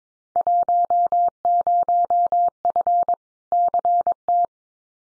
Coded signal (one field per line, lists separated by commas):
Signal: Morse code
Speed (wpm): 22 wpm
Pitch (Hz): 700 Hz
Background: none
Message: 10F CT